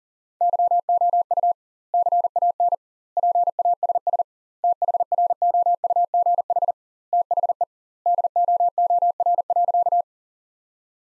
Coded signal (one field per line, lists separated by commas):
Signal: Morse code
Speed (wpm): 40 wpm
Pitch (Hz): 700 Hz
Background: none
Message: YOU CAN PASS THROUGH THE DOOR.